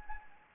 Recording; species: mosquito wingbeat signal from an infrared sensor; Anopheles gambiae